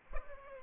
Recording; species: mosquito wingbeat signal from an infrared sensor; Culex pipiens